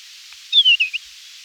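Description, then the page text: Desert wheatear song phrase: a clear whistled note sliding downward, followed by two short warbled notes, with light background hiss. "Desert Wheatear Song 1. Quick Sounds"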